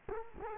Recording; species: mosquito wingbeat signal from an infrared sensor; Culex quinquefasciatus